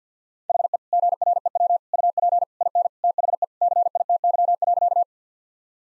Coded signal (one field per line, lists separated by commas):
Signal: Morse code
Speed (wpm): 50 wpm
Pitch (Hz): 700 Hz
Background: none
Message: HE GREW UP IN THE CITY.